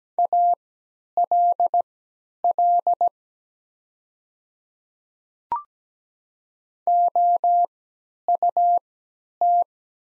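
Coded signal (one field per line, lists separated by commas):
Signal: Morse code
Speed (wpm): 17 wpm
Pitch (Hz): 700 Hz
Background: none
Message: ALL OUT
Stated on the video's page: Morse practice sets of the top 100 words at 17 wpm with 3x character spacing, Farnsworth timing easing learners from nonstandard to standard timing.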